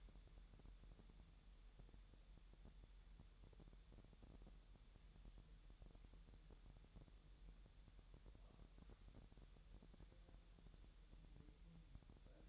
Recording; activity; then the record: daily activity, microphone in the room; wipe stove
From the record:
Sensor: 3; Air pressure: 1000.8 hPa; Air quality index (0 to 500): 247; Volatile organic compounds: 171 ppm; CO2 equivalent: 4111 ppm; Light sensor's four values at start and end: 11/26/11/11 and 11/27/11/11